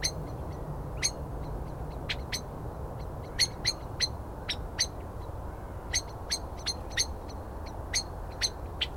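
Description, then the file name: Common blackbird calling in quick, sharp chinks, sometimes in pairs, over steady low background noise. "Turdus merula"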